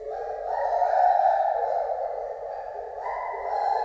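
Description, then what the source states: White-handed gibbon call: a sustained hooting tone that holds steady, then steps up in pitch near the end, smeared by heavy echo. Captive animal at Debrecen Zoo, 2012, with echo; recorded with Marantz equipment.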